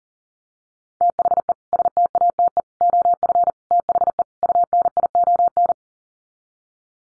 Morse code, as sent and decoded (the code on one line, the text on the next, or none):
- .... . / ... - .- - . / --- ..-. / - .... . / ..- -. .. --- -.
THE STATE OF THE UNION